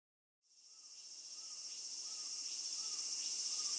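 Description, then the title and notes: Cicadas buzzing, a dense high shimmering drone that begins abruptly after a short silence and slowly swells in loudness, with faint soft pulses repeating. Mix of five Kanto cicada species recorded close-up with a parabolic microphone in July in Gunma, Japan; males vibrate tymbals; some sing by day, others at night or dusk. "Cigales électro au Japon"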